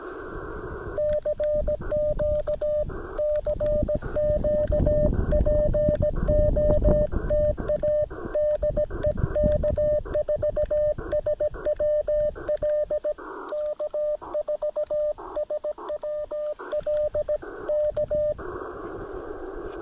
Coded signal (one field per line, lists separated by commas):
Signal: Morse code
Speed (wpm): 17 wpm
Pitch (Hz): 600 Hz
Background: radio noise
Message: CQ CQ POTA DE K4SWL K4SWL K